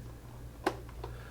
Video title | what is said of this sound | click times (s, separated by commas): HK Epic Speed Feed VS Virtue SF R Speedfeed | you slot it in to the slot in the back and it's locked into place | 0.7 s